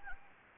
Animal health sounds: mosquito wingbeat signal from an infrared sensor; Anopheles gambiae

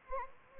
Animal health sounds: mosquito wingbeat signal from an infrared sensor; Anopheles arabiensis

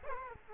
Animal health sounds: mosquito wingbeat signal from an infrared sensor; Culex quinquefasciatus

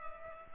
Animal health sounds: mosquito wingbeat signal from an infrared sensor; Culex pipiens

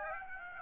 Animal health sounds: mosquito wingbeat signal from an infrared sensor; Aedes aegypti

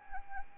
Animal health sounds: mosquito wingbeat signal from an infrared sensor; Anopheles arabiensis

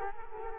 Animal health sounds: mosquito wingbeat signal from an infrared sensor; Culex quinquefasciatus

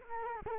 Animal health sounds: mosquito wingbeat signal from an infrared sensor; Culex quinquefasciatus

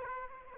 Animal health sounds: mosquito wingbeat signal from an infrared sensor; Aedes aegypti

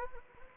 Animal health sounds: mosquito wingbeat signal from an infrared sensor; Anopheles gambiae

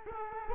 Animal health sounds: mosquito wingbeat signal from an infrared sensor; Culex quinquefasciatus

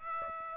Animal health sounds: mosquito wingbeat signal from an infrared sensor; Aedes aegypti

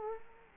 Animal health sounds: mosquito wingbeat signal from an infrared sensor; Culex quinquefasciatus

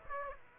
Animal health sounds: mosquito wingbeat signal from an infrared sensor; Aedes aegypti

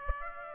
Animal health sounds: mosquito wingbeat signal from an infrared sensor; Aedes aegypti

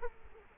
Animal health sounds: mosquito wingbeat signal from an infrared sensor; Culex quinquefasciatus

